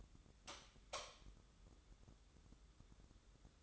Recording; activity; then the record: daily activity, microphone in the room; light on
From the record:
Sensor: 3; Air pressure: 995.4 hPa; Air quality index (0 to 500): 84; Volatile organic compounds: 8 ppm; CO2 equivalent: 2042 ppm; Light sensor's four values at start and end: 9/21/9/9 and 12/31/12/12